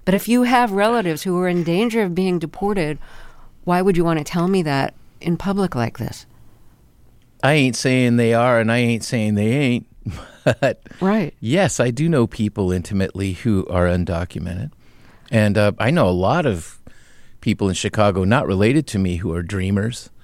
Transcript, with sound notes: But if you have relatives who are in danger of being deported, why would you want to tell me that in public like this?
I ain't saying they are, and I ain't saying they ain't, (laughter)
Right.
Yes, I do know people intimately who are undocumented. And I know a lot of people in Chicago not related to me who are DREAMers